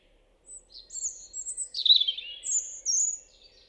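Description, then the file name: European robin singing a short phrase of very high, thin whistled notes mixed with a brief scratchy warble, ending on two piercing high whistles; faint low hum beneath. "Erithacus rubecula"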